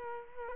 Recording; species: mosquito wingbeat signal from an infrared sensor; Culex quinquefasciatus